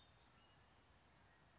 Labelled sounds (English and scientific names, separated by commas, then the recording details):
California Towhee (Melozone crissalis)
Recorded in Sonoma County, California